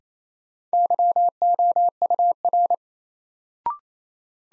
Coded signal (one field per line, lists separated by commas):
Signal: Morse code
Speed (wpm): 28 wpm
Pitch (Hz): 700 Hz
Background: none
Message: YOUR